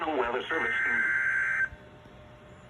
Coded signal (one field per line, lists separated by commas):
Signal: Emergency Alert System (SAME) tones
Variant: header bursts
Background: speech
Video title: (EAS #1-3) 3 Severe Thunderstorm Warnings for N.C. Peidmont (7/18/2020)